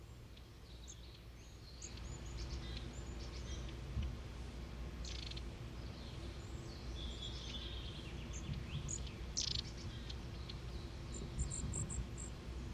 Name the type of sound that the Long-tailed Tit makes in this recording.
call